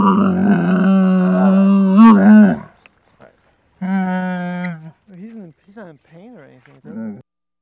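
Camel calls: a loud rough bellow, then a steady moan, followed by several short, rising-and-falling grumbling notes.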